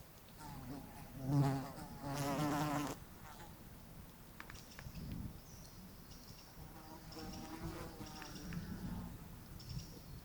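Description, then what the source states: Fly buzzing, two droning bursts early on, the first sharp and loud, then softer intermittent hums and faint high tones through the rest. Flies buzzing on a strange mushroom.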